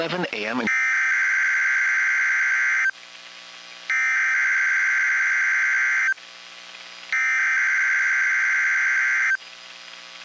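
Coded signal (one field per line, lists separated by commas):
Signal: Emergency Alert System (SAME) tones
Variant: header bursts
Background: speech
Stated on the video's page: Required weekly test tones screen-recorded from the NOAA weather radio app on an iPhone.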